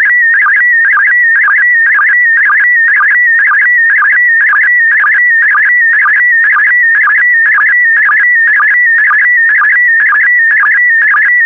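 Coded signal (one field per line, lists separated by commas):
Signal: SSTV (slow-scan television)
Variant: PD120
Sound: warbling tone near 2 kHz with a regular low blip about twice a second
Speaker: complete you can now check your decoded image against the picture that is shown on the video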